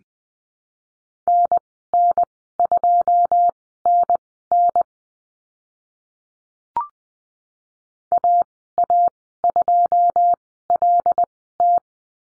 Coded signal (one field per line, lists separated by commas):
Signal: Morse code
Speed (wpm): 20 wpm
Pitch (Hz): 700 Hz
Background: none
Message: NN2NN AA2LT